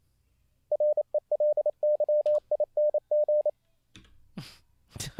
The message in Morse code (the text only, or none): RELYING